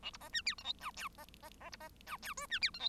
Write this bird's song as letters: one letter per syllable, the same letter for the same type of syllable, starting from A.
A B C D E F G H I C C C B C H I J D E F G